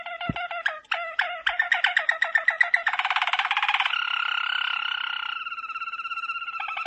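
Domestic canary singing: a string of sharp clipped chips, then a fast buzzing roll, ending in sustained warbled trills.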